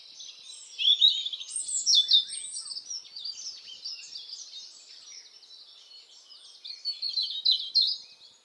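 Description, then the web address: European robin: high, thin songbird warbling: a loud phrase of sweet, slurred notes early on, a softer stretch, then another bright burst near the end. "SETE data Erithacus rubecula"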